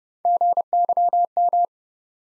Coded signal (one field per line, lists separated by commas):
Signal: Morse code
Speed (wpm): 30 wpm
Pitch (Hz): 700 Hz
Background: none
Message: GYM